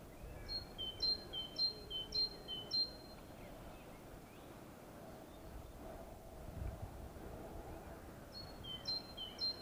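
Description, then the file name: Great tit giving a run of high, ringing two-note phrases, then a quiet gap, then another short run, with low rumbling noise underneath. "Parus major"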